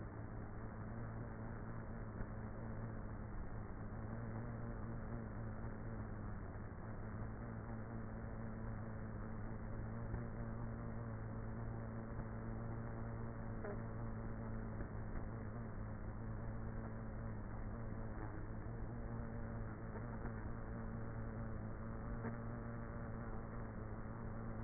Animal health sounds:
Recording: honeybee colony, microphone inside the hive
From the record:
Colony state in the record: queenless with a low population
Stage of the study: before two queens were removed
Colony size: about 30,000 bees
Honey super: no

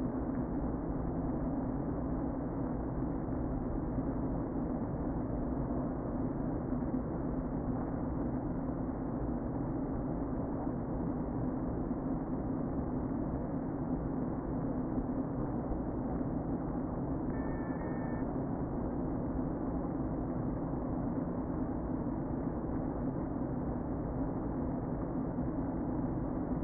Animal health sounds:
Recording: honeybee colony, microphone inside the hive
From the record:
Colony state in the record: queen present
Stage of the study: before two queens were removed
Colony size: about 60,000 bees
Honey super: yes

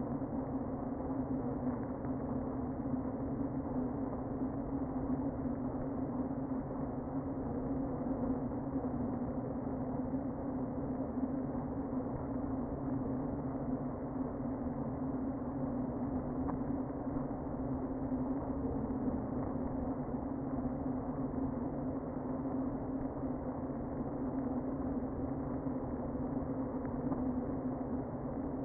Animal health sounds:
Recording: honeybee colony, microphone inside the hive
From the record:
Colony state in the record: queen present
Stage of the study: before two queens were removed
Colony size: about 60,000 bees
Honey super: yes

